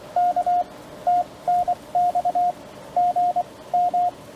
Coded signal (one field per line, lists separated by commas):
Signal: Morse code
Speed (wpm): 21 wpm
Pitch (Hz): 690 Hz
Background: radio noise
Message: K TNX GM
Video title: CW POTA Callsign copy practice with subtitles